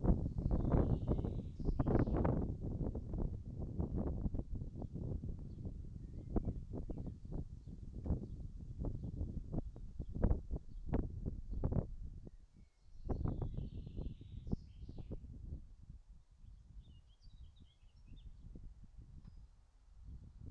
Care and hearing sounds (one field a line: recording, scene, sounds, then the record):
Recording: everyday scene through a hearing-aid microphone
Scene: wind on the microphone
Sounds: wind, traffic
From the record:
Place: in front of a rural house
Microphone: in the ear canal, right